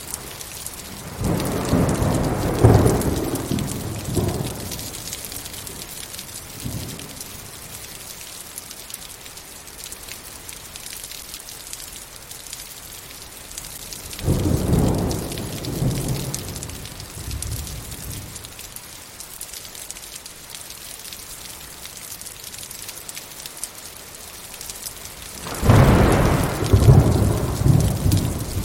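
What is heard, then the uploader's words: Rain falls steadily in a soft, dense hiss of fine drops that fills the whole clip. Deep, muffled rumbles swell up three times, around 2, 15 and 26 seconds, like distant thunder or gusts, then fade back under the patter. Soothing Rain water flowing. The rhythmic patter of raindrops creates a calming white noise. The gentle sound of raindrops falling.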